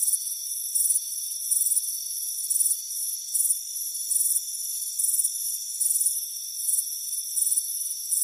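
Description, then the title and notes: Crickets chirp in sharp, regular bursts about every second, backed by a seamless, high-pitched insect trill. Crickets chirping on a warm afternoon, heard from a front porch. "Soothing Crickets Chirping Sound. It's a warm afternoon as you relax in a hammock on the front porch. Relax and fall asleep to the soothing sound of chirping crickets. Deep Sleep Sounds"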